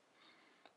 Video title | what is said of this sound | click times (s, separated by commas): COQUE ETUI iThroughtTM ETANCHE pour iphone 5C | donc ça se clipse tout simple nickel | 0.7 s